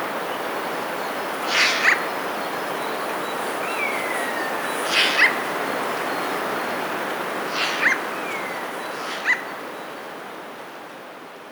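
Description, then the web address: Eurasian jay rasping alarm screeches, four harsh bursts a few seconds apart, with faint thin whistled notes between them over constant background hiss. Three jays giving alarm calls, recorded May 2017. "ostrzegator trzy sojki 05 2017"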